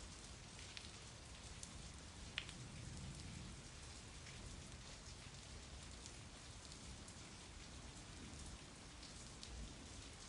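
Steady, dense rain falls throughout, a constant hiss of drops hitting a surface with scattered brighter patters. A low, even rumble sits underneath the whole time, and a single sharp tick stands out near the two-and-a-half-second mark.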